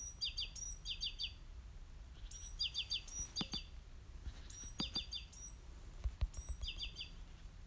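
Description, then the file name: Great tit calling in quick bursts, each a high thin note then a few descending scratchy notes, with sharp knocking clicks in between and low rumble underneath. "Parus major"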